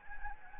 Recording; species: mosquito wingbeat signal from an infrared sensor; Anopheles gambiae